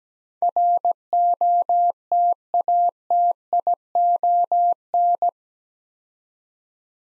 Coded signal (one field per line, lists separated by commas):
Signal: Morse code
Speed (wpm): 17 wpm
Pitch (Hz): 700 Hz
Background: none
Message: ROTATION